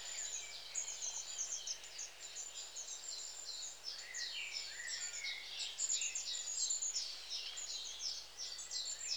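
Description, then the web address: Long-tailed tit calls, continuous thin high chatter with short zipping notes and occasional lower buzzy trills. "BBC Sound Effects Library. Long Tailed TIT"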